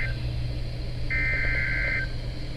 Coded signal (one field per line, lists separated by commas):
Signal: Emergency Alert System (SAME) tones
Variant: header bursts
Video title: More May SVRs | EAS #445-453 (Severe Weather Alerts from 5/7/2024)